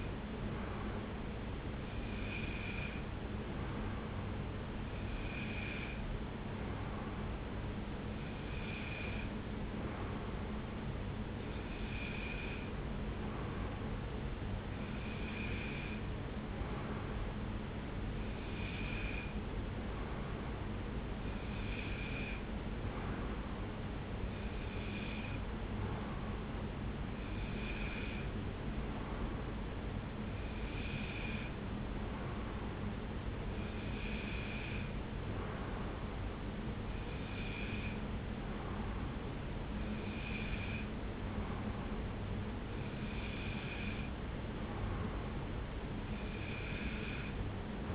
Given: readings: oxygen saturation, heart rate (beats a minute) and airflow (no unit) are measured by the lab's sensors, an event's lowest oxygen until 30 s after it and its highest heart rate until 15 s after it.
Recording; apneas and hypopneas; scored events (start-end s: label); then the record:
breathing in sleep by a voice recorder at the bedside; none
41.00-47.95 s: new sleep stage, N1 (lightest sleep)
From the record:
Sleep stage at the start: N2 (light sleep); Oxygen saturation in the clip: 93 to 94%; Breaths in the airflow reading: 16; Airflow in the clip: -1.0 to 1.1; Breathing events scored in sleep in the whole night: 335 in 6.7 hours asleep